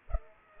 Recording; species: mosquito wingbeat signal from an infrared sensor; Culex pipiens